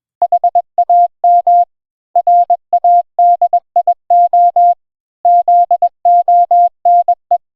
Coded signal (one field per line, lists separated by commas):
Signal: Morse code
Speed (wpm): 21 wpm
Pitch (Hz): 700 Hz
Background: none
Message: HAM RADIO ZONE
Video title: Changing Workstation Flag in Netlogger - An Easy Guide